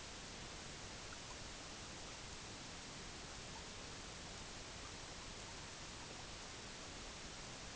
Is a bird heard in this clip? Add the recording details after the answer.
no. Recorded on Arctic tundra, site EABA-MC, on 22 June 2019. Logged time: 18:00